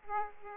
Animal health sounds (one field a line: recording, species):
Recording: mosquito wingbeat signal from an infrared sensor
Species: Aedes aegypti